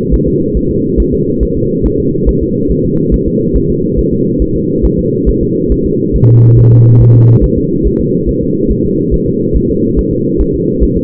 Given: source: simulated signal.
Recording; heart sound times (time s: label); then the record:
fetal heart sounds
0.14 s: S1
0.28 s: S2
0.57 s: S1
0.71 s: S2
1.00 s: S1
1.14 s: S2
1.43 s: S1
1.57 s: S2
1.86 s: S1
2.00 s: S2
2.29 s: S1
2.43 s: S2
2.71 s: S1
2.85 s: S2
3.14 s: S1
3.28 s: S2
3.56 s: S1
3.70 s: S2
3.99 s: S1
4.13 s: S2
4.42 s: S1
4.56 s: S2
4.85 s: S1
4.99 s: S2
5.29 s: S1
5.43 s: S2
5.72 s: S1
5.86 s: S2
6.16 s: S1
6.30 s: S2
6.59 s: S1
6.73 s: S2
7.02 s: S1
7.15 s: S2
7.44 s: S1
7.58 s: S2
7.87 s: S1
8.00 s: S2
8.29 s: S1
8.43 s: S2
8.72 s: S1
8.85 s: S2
9.14 s: S1
9.28 s: S2
9.56 s: S1
9.70 s: S2
9.99 s: S1
10.13 s: S2
10.41 s: S1
10.55 s: S2
10.84 s: S1
10.97 s: S2
From the record:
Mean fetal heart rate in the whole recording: 140 bpm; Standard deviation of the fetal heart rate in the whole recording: 2 bpm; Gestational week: 34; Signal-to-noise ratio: -11.2 dB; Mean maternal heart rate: 72 bpm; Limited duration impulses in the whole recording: present